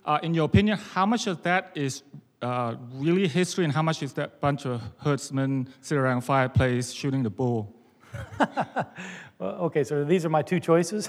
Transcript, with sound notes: Uh, in your opinion, how much of that is, uh, really history and how much is that bunch of herdsmen sitting around a fireplace shooting the bull?
(laughter) Well, okay, so these are my two choices?